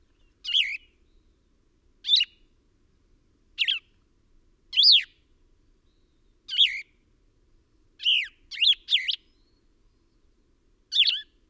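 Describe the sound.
Birdsong of short squeaky chirps, nine in all, mostly spaced one to two seconds apart, with a quick cluster of three near the end.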